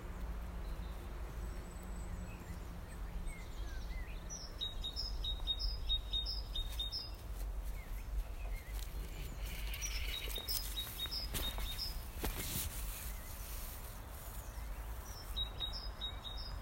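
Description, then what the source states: Bird song: short high chirped phrases in three bursts, with a steady low rumble of background noise throughout. Recorded during lockdown on 26 March.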